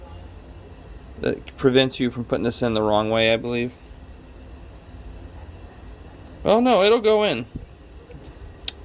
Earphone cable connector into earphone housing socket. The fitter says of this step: I guess it just doesn't snap.